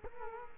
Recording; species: mosquito wingbeat signal from an infrared sensor; Culex quinquefasciatus